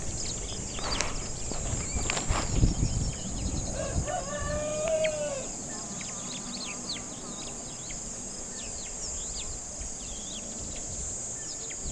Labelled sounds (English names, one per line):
Superb Starling flight call